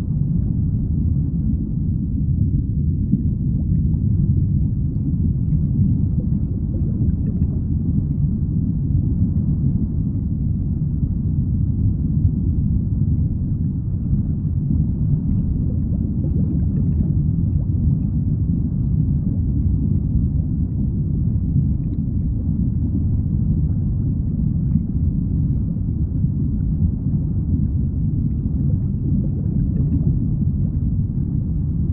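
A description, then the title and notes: Deep underwater noise rolls on steadily for the whole stretch, a dense, muffled low rumble with almost nothing bright above it. Dreamy Deep Sea ASMR, Deep Sea Underwater White Noise Sounds. Lovely underwater white noise sounds.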